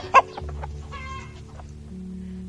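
Hens cluck in short, choppy bursts, one sharp loud cluck at the start followed by a longer drawn-out warbling call, over a steady low hum.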